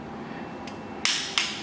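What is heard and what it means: A click-type torque wrench tightens the next bolt on a 5.3L LS LM7 V8 engine to 18 ft-lb over a low steady background. Sharp clicks are heard at 1.1 s and 1.4 s as the wrench reaches its setting, confirming the bolt is torqued.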